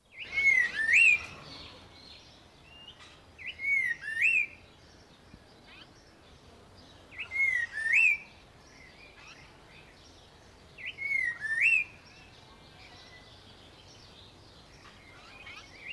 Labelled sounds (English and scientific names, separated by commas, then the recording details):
Red-faced Liocichla (Liocichla phoenicea)
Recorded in captivity
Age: adult
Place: Zoo Berlin, Berlin, DE
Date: 1992-05-09 12:10
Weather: wolkig, 11-14°C
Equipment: Nagra SN, Mikrofon AKG CK 8, Kopie Tesla B 116
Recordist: Tembrock, Günter